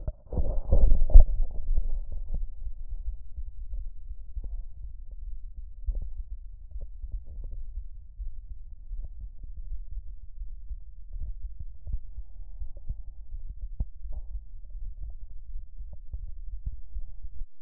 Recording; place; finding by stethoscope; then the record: heart sounds by stethoscope; pulmonary valve (PV); normal heart sounds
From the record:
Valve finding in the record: normal valve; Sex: female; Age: 76 years